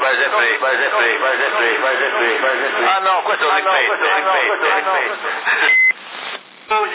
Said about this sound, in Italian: Esatto, infatti, si sente l'eco? Qual è quello di destra, quello grande più indietro? No, quello più grande, dai. Più grande, il piccolo, il centrale e il volume, e l'altro, l'eco dovrebbe essere questo qua, si sente?